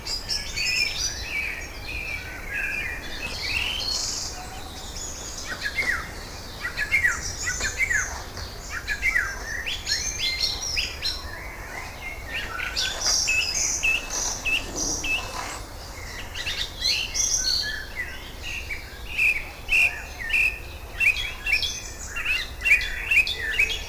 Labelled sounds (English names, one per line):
Song Thrush song